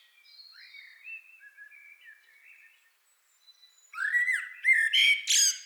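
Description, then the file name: Common blackbird song: soft warbling at first, then a loud fluty phrase with sliding notes and a sharp, squeaky high flourish at the end. "Turdus merula"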